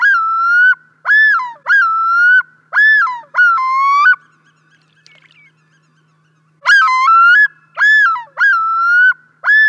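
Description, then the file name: Common loon utters a run of loud, ringing, rising-then-falling tonal notes in quick succession, pauses, then resumes the same series. "svartnabbad islom"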